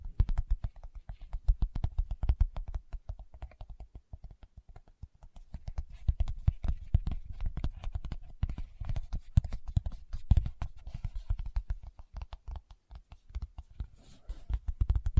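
Fingertips tap in quick, uneven bursts, each tap a short dull knock with a low thud. The taps come densely for most of the fifteen seconds, thinning and softening briefly around the fourth to sixth seconds and again near the twelfth.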